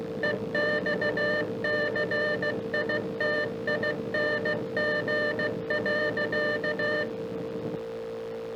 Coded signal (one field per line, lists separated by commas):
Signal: Morse code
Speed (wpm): 15 wpm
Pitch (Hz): 1800 Hz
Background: none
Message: EXCITING.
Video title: Ham Radio & More - April 28, 1991 - AZ Arc